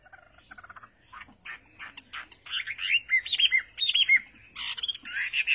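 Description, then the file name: Chinese hwamei song, starting soft and building into louder slurred and whistled notes, with harsher broad bursts toward the end. "Tieng hoa mi hot"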